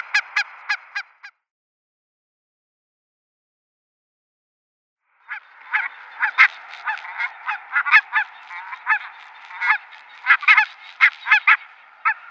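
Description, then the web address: Barnacle goose honking calls, short sharp yelps in a quick series, a pause of several seconds, then a denser stretch of barking calls. "Schulze Peter Barnacle Goose"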